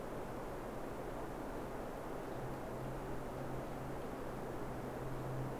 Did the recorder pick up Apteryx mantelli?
no